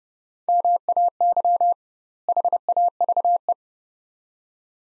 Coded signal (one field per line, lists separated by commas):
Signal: Morse code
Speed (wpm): 31 wpm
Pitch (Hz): 700 Hz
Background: none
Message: MAY HAVE